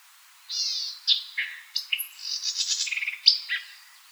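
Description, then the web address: White-eyed Vireo song: one emphatic, high phrase lasting about three seconds, mixing a buzzy opening note, sharp slurred chips and a rapid chattering run, in a quiet background. Recorded 4 January 2007. "White-eyed Vireo 2007 01 04"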